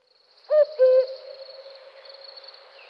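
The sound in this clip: Cuckoo giving one hollow two-note call, the second note slightly lower and longer, followed by a faint steady high tone.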